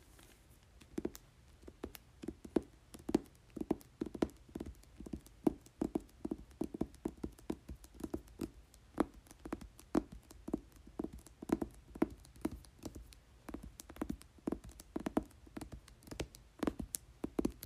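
Fingers tap a book cover in quick, uneven bursts of sharp clicks, some louder than others, continuing steadily with a faint low hum underneath.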